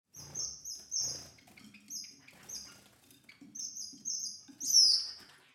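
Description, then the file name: Bird song: thin, very high notes given in short bursts, ending in a brighter, descending note. "Voegel"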